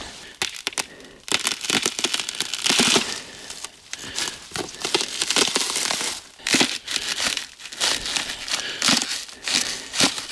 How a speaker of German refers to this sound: Ui, Knistereis.